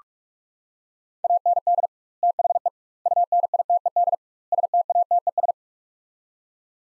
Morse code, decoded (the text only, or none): AND THE UNITED STATES